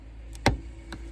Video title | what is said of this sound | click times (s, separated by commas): How to replace all interior lights in suzuki swift sport zc32s | and click into place | 0.5 s